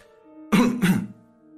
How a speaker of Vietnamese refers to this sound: Hai tên đi cùng Trương Thủy Sinh ho lên hai tiếng